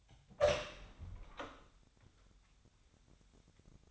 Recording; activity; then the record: daily activity, microphone in the room; open door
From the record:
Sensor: 3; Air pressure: 1007.1 hPa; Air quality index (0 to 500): 204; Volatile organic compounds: 18 ppm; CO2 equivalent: 2616 ppm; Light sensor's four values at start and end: 12/28/12/12 and 12/28/12/12